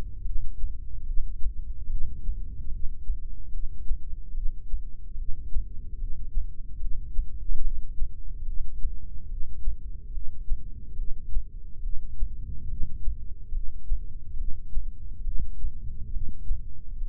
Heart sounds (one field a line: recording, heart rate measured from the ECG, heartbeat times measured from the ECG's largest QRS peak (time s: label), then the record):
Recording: heart sounds by microphone in the left ear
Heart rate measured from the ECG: 72 bpm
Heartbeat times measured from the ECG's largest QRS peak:
0.27 s: heartbeat
1.09 s: heartbeat
1.92 s: heartbeat
2.74 s: heartbeat
3.55 s: heartbeat
4.37 s: heartbeat
5.20 s: heartbeat
6.01 s: heartbeat
6.82 s: heartbeat
7.65 s: heartbeat
8.48 s: heartbeat
9.31 s: heartbeat
10.15 s: heartbeat
10.99 s: heartbeat
11.85 s: heartbeat
12.71 s: heartbeat
13.55 s: heartbeat
14.39 s: heartbeat
15.26 s: heartbeat
16.14 s: heartbeat
16.99 s: heartbeat
From the record:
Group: heart failure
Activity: rest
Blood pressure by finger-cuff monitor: 125/91 mmHg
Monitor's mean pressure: 104 mmHg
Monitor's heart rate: 72 bpm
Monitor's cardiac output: 6.4 L/min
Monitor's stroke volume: 89 mL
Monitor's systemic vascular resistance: 1210 dyn s/cm5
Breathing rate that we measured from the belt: 17 breaths a minute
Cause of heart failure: idiopathic cardiomyopathy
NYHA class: 1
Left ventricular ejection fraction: 50%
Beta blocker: bisoprolol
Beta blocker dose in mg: 5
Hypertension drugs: candesartan, spironolactone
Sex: male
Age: 54 years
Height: 180 cm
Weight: 94.6 kg